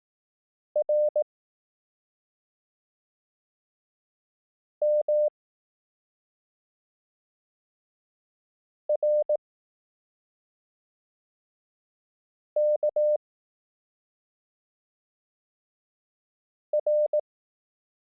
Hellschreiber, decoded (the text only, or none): none